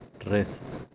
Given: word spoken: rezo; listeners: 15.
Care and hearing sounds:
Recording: one Spanish word in noise, from a listening test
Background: noise modulated by three-talker babble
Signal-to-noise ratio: 10.2 dB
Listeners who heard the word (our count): 1 of 15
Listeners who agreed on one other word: 13 of 15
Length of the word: 0.54 s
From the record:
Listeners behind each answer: 13, 1, 1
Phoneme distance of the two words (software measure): 17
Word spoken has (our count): 2 syllables, 4 phonemes, stress on syllable 1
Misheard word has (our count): 1 syllable, 3 phonemes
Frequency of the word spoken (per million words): 2.20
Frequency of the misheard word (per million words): 86.54

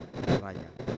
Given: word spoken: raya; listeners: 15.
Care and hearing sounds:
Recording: one Spanish word in noise, from a listening test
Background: noise modulated by one talker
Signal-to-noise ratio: -12.2 dB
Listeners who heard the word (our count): 3 of 15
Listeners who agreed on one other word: 7 of 15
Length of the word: 0.57 s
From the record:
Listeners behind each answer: 7, 3, 2, 1, 1, 1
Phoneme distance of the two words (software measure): 10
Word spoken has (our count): 2 syllables, 4 phonemes, stress on syllable 1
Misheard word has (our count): 2 syllables, 4 phonemes, stress on syllable 1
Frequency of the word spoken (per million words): 9.37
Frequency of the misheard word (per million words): 63.29

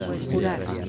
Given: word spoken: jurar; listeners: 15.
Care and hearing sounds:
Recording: one Spanish word in noise, from a listening test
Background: eight-talker babble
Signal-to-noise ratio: -1.6 dB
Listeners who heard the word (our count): 5 of 15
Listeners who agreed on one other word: 6 of 15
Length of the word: 0.49 s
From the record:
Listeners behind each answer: 6, 5, 2, 1, 1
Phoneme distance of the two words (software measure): 10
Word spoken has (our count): 2 syllables, 5 phonemes, stress on syllable 2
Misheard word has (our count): 2 syllables, 5 phonemes, stress on syllable 2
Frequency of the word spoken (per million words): 2.64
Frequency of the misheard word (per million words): 9.58

